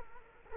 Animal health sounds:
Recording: mosquito wingbeat signal from an infrared sensor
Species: Culex quinquefasciatus

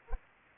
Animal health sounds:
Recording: mosquito wingbeat signal from an infrared sensor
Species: Anopheles arabiensis

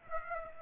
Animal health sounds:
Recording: mosquito wingbeat signal from an infrared sensor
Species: Aedes aegypti

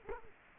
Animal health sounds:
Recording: mosquito wingbeat signal from an infrared sensor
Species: Culex quinquefasciatus

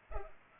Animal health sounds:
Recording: mosquito wingbeat signal from an infrared sensor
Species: Culex pipiens

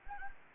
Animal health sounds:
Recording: mosquito wingbeat signal from an infrared sensor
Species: Anopheles gambiae

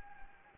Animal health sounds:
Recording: mosquito wingbeat signal from an infrared sensor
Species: Anopheles gambiae

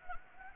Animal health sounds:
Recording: mosquito wingbeat signal from an infrared sensor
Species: Anopheles gambiae

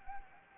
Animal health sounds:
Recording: mosquito wingbeat signal from an infrared sensor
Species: Anopheles gambiae

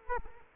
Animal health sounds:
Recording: mosquito wingbeat signal from an infrared sensor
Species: Culex quinquefasciatus

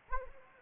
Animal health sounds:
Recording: mosquito wingbeat signal from an infrared sensor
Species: Anopheles arabiensis

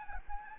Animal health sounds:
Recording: mosquito wingbeat signal from an infrared sensor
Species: Anopheles gambiae

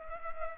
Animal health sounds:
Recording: mosquito wingbeat signal from an infrared sensor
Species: Culex pipiens

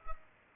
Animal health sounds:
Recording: mosquito wingbeat signal from an infrared sensor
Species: Culex pipiens

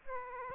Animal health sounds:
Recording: mosquito wingbeat signal from an infrared sensor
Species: Aedes aegypti

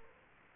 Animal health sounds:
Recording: mosquito wingbeat signal from an infrared sensor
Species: Aedes aegypti

